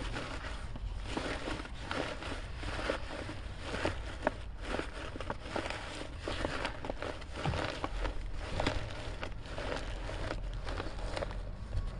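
Ice is scraped from a windshield in a steady run of rough, gritty strokes, repeating about every half second with little pause. Sharper knocks and crunches stand out now and then, around four and seven seconds, over a constant low rumble of city sound.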